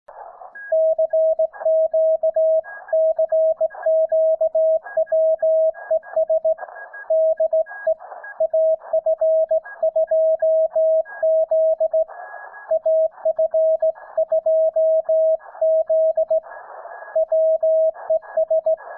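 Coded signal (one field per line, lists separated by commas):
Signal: Morse code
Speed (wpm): 18 wpm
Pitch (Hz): 640 Hz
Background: music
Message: CQ CQ WES DE AF2Z AF2Z WES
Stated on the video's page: SKCC WES CW event, calling CQ with an Elecraft K3, Bunnell Double Speed sideswiper key and endfed wire antenna; some FT8 QRM and weak signals.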